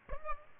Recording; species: mosquito wingbeat signal from an infrared sensor; Aedes albopictus